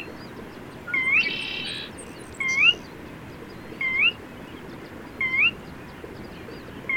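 Bird calls: short rising whistled notes, repeated about every one and a half seconds, with fainter high chirps, a brief rushing burst, and a steady low background hiss.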